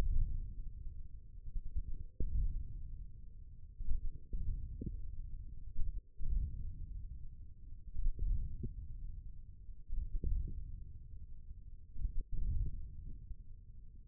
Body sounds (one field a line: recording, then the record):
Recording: forearm muscle sounds (acoustic myography)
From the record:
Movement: wrist extension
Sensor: system 1, eight BSWA MPA416 microphones around the upper forearm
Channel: 1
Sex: male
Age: 41 years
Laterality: right